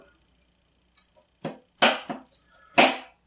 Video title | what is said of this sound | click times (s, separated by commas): First PC Build - Part 1 (70% Complete) | Everything lines up. Snaps into place. | 1.8 s, 2.8 s